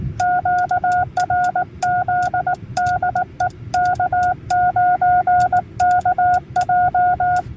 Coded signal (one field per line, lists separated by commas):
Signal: Morse code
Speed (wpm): 19 wpm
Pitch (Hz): 1440 Hz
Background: none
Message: QRZ DE K9KJ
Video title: POTA Activation K-4206 - CW Only